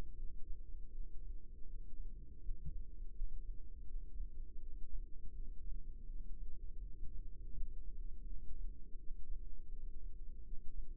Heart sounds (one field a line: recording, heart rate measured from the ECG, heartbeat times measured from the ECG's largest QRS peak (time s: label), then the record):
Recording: heart sounds by microphone in the left ear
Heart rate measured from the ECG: 82 bpm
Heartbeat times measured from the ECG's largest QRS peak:
0.14 s: heartbeat
0.89 s: heartbeat
1.65 s: heartbeat
2.40 s: heartbeat
3.13 s: heartbeat
3.85 s: heartbeat
4.58 s: heartbeat
5.31 s: heartbeat
6.05 s: heartbeat
6.79 s: heartbeat
7.52 s: heartbeat
8.23 s: heartbeat
8.95 s: heartbeat
9.68 s: heartbeat
10.42 s: heartbeat
From the record:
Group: healthy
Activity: cold pressor test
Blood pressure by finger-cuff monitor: 179/116 mmHg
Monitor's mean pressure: 138 mmHg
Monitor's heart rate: 81 bpm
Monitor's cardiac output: 4.9 L/min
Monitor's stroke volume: 59 mL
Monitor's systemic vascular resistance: 2120 dyn s/cm5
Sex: female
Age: 51 years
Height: 162 cm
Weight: 70.04 kg